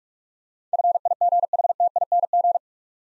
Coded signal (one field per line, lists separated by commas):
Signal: Morse code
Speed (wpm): 42 wpm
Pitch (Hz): 700 Hz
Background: none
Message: FIGHTING